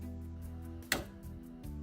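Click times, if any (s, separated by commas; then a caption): 0.9 s. A plastic RJ45 plug on an Ethernet cable is pushed into the network port on a computer tower, giving a sharp click at 0.9 s over steady background music. The click shows the plug is seated correctly in the port.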